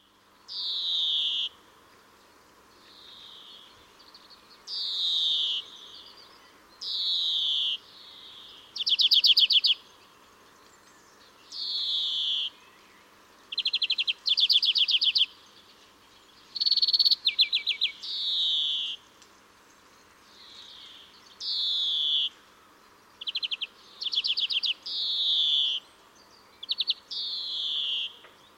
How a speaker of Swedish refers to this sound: Och grönfinken finns ju hos oss hela året. Några kanske flyttar, men har väldigt speciellt läte, och jag tycker att det är den fågeln man nästan tidigast hör på våren.